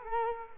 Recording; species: mosquito wingbeat signal from an infrared sensor; Culex quinquefasciatus